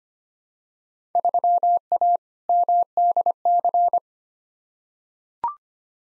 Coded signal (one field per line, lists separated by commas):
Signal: Morse code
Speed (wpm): 25 wpm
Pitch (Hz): 700 Hz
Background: none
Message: 3A MDC